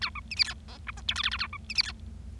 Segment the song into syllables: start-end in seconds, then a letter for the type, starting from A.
0.01-0.09 A, 0.15-0.20 B, 0.31-0.35 C, 0.36-0.43 D, 0.44-0.53 E, 0.68-0.77 F, 0.87-0.91 G, 0.97-1.01 H, 1.08-1.14 I, 1.16-1.22 J, 1.23-1.29 K, 1.31-1.37 K, 1.39-1.47 A, 1.53-1.57 B, 1.69-1.73 C, 1.75-1.82 D, 1.83-1.92 E